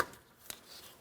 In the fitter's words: Listen for an audible click.